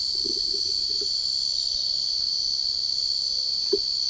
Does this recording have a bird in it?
no